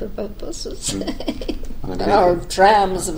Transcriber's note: laughs